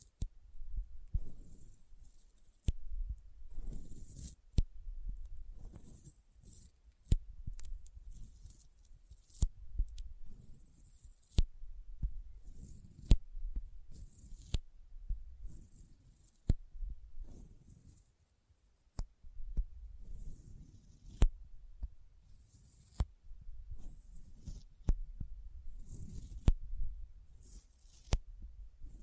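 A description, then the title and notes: Sticky fingers press and peel apart in a steady rhythm, each low tacky squish ending in a sharp bright click roughly every second. ASMR Intense Sticky Finger Sounds (No Talking).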